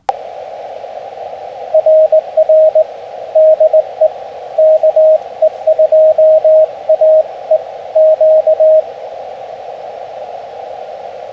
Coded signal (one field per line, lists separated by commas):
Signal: Morse code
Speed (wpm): 19 wpm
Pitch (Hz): 630 Hz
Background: radio noise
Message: RR DE KE2AE Q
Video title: Picnic Tables Hibernate Too! Taking the FT-817 For Another CW POTA Activation